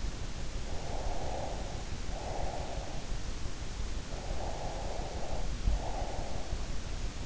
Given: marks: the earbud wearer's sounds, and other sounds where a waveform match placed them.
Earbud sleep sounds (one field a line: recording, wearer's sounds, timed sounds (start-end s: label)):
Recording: sounds in sleep by an in-ear microphone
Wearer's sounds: breath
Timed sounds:
0.68-3.17 s: breath
4.07-6.66 s: breath